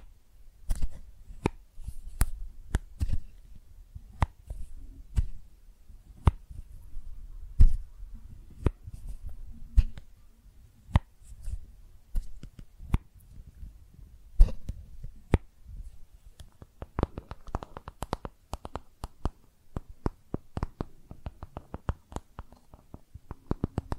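Makeup containers are tapped and scratched with sharp, crisp clicks that cut across the whole range, spaced roughly half a second to a second apart. A soft low rustle runs underneath throughout. After about seventeen seconds the taps grow faster and denser, with quick scratchy clusters.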